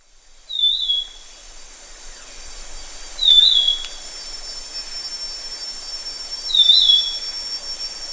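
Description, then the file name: Black-capped babbler giving a brief high whistled note three times, against a constant high-pitched insect drone. Recorded at Danum on 1 August 2009. "DANUM 20090801"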